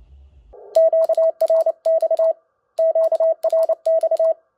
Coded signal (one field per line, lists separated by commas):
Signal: Morse code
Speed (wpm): 28 wpm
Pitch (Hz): 650 Hz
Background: none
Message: QRX QRX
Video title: MiNiPA50 HF PA with Icom IC-705: compatibility, real power output, temperature test, heatsink mod.